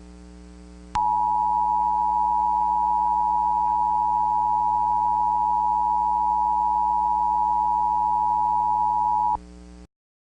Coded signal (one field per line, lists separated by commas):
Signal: Emergency Alert System (SAME) tones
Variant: 853 and 960 Hz attention tone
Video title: Volcanic Winter (An EAS Scenario)